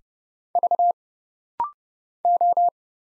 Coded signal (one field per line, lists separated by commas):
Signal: Morse code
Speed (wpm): 31 wpm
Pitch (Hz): 700 Hz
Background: none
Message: V O